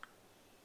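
The spindle lock button on an INGCO mini die grinder is engaged so the bit can be changed and the collet opened. It seats with a single short, sharp tick at 0.03 s, followed by faint low background noise. The lock is seated in position.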